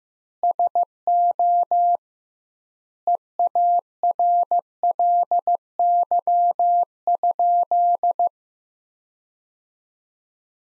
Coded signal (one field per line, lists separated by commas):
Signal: Morse code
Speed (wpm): 15 wpm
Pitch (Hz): 700 Hz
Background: none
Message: SO EARLY?